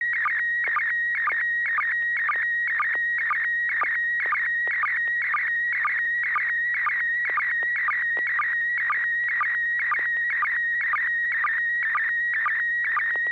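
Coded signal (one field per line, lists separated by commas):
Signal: SSTV (slow-scan television)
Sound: warbling tone around 1.9 kHz with short low chirps repeating about twice a second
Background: low hum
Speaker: okay thank you for that uh picture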